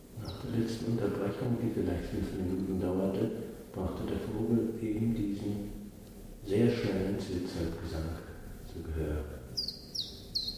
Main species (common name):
Common Chiffchaff